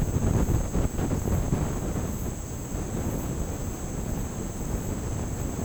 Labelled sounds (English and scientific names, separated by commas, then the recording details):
none
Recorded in dense forest near Puerto Asís, Putumayo, Colombia, on 25 June 2025 at 10:00
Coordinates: 0.486, -76.317
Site G065